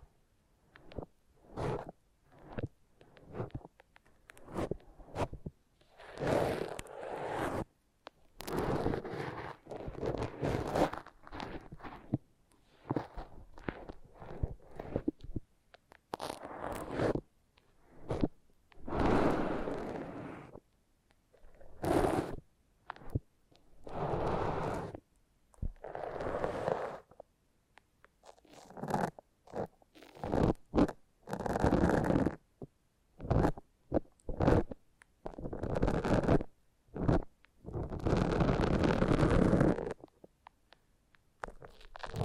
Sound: Foam Massage